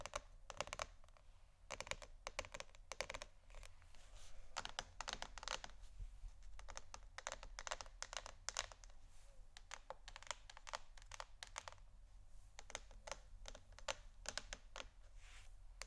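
Fingers tap on canisters in quick, irregular bursts of sharp, bright clicks that continue for the whole clip, bunching into rapid clusters with short gaps between them. A faint scratchy rustle fills some pauses, and a steady low hum runs underneath throughout.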